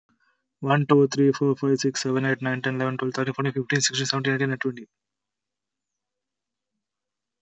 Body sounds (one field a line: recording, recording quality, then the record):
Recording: counting at a fast pace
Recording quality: excellent, no background noise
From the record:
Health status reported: healthy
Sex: male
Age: 24 years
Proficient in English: yes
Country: India